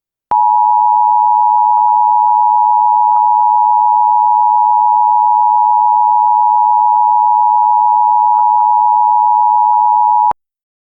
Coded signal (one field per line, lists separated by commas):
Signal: Emergency Alert System (SAME) tones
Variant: 853 and 960 Hz attention tone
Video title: Planetary dismission EP 1: Yellowstone Emergency. (EAS) Analog Horror